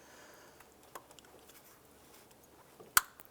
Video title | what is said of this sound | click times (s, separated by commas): How To Replace Valve Cover 2001-2007 Ford Escape | and that will clip in | 3.0 s